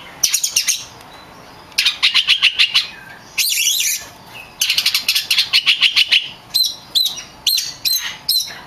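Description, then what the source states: Oriental magpie-robin song: several harsh, rapid rattling bursts, followed by short upswept notes repeated roughly every half second. Champion contest bird; recording meant for tutoring other birds.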